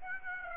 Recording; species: mosquito wingbeat signal from an infrared sensor; Aedes aegypti